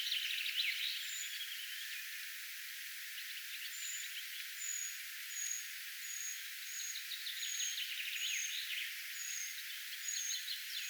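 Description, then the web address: Eurasian treecreeper calls: very high, thin, short notes repeated at uneven intervals in a loose series. Young bird, probably recently independent, calling; recorded 16 June 2025. "paivat 16 6 2025 arvaten nuori jo itsenaistynyt puukiipijannuori aantelee"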